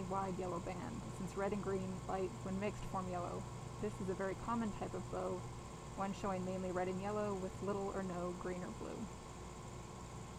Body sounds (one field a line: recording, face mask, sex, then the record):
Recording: reading aloud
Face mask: surgical mask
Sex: female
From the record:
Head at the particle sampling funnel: turned sideways, cheek in front of it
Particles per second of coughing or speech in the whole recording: 0.843